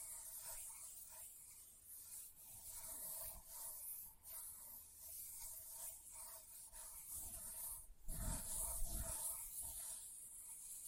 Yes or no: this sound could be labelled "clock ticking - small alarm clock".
no